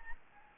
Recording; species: mosquito wingbeat signal from an infrared sensor; Anopheles gambiae